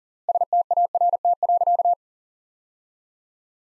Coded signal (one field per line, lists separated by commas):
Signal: Morse code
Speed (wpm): 37 wpm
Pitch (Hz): 700 Hz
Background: none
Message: START.